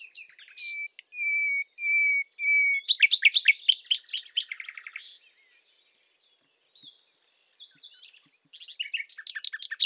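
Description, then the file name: Common nightingale song: quiet opening notes, a few long, pure, level whistles, then a sudden outburst of rapid, varied notes and rattles, resuming after a pause. "Luscinia megarhynchos"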